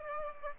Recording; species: mosquito wingbeat signal from an infrared sensor; Aedes aegypti